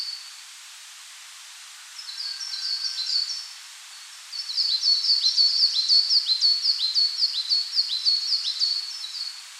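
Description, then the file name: Coal tit singing a short high phrase, a pause, then a longer fast series of repeated two-note motifs. "Parus ater"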